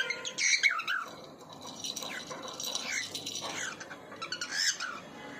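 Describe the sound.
Bird chirping in a busy mix of short high twitters and slurred notes.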